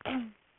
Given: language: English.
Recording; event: throat vibration sensor signal played as sound; throat clearing